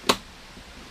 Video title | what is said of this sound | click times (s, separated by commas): RYZEN 9 7900x + RTX 4080 super - ANTEC C3 Constellation case | press down evenly and you should feel a nice click | 0.1 s